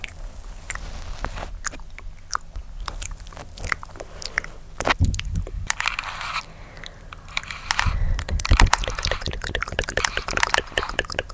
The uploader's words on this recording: ASMR Tingly Tascam Mouth Sounds (Breathy, Tktk, Tapping, Hand Movements).